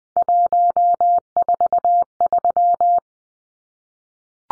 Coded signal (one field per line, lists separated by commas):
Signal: Morse code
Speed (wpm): 20 wpm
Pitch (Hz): 700 Hz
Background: none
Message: 143